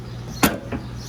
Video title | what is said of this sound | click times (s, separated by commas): 2020 Keystone Coleman Light series 2515RL | and push them up, and then you'll hear an audible click from this mechanism right here. | 0.4 s